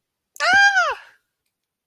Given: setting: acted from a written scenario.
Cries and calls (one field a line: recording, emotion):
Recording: vocal sound without words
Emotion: triumph